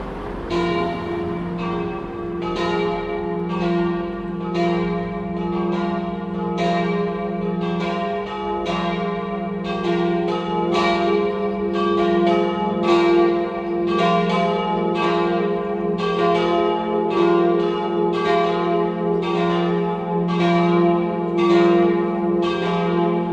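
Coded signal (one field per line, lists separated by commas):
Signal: bell signal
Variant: church bells, battiore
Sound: several church bells struck in rapid rhythmic alternation, continuous ringing for the whole clip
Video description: Battiore e dopli (dura 2 minuti e mezzo) delle 17:30 per la Messa prefestiva delle 18:00 nella vigilia della Solennità di Tutti i Santi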